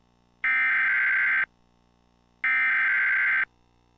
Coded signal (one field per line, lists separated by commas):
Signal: Emergency Alert System (SAME) tones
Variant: header bursts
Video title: Xfinity EAS | Tornado Warning (3/31/20 Jacksonville, FL)